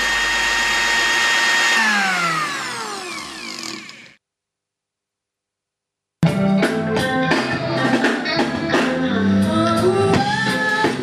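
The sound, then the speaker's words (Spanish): A blender whirs loudly for about four seconds, its high motor whine sliding downward as it spins down, then falls silent before busy music starts. “Hoy la licuadora se apodera de nuestros cuerpos.”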